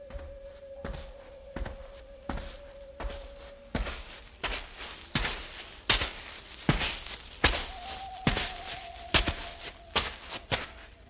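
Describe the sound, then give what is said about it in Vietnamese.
Human footsteps come from behind on a moonlit mountain forest path, someone following walkers; a steady walking rhythm of roughly fourteen dull thuds that grow a little louder as they approach, with a faint constant hum underneath and no voices. “đột nhiên lại nghe thấy phía sau có tiếng bước chân người.”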